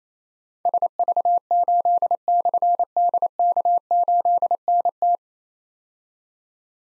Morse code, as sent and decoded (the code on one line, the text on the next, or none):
... ...- ---.. -..-. -.. -.- ---.. -. -
SV8/DK8NT